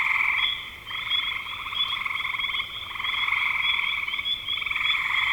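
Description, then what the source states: Frogs trilling as a group, buzzy pulsed bursts merging into a near-constant chorus, plus an even high whine. Recorded in spring 2025.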